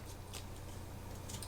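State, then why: Not seated. A USB charging clip is handled against the back of a plastic Wyze Band fitness band as it is brought toward its snap-on position. Soft handling and scraping rustles are heard over a low steady hum, with brief high-pitched bursts around 0.4 s and 1.3–1.4 s and a faint sharp tick at 1.4 s. Nothing has seated or clicked yet.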